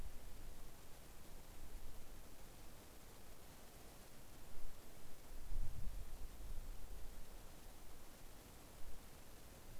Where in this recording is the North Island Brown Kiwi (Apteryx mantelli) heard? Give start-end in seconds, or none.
none